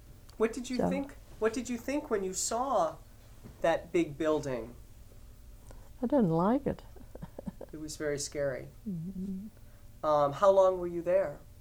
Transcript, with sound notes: What did you think, what did you think when you saw that big building?
I didn't like it. (she laughs)
It was very scary. How long were you there?